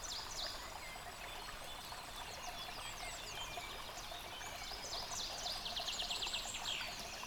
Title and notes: Dlouhý Důl 14, 407 47 Krásná Lípa, Czechia - Ptáci a potok. Ptačí sněm snímaný u potoka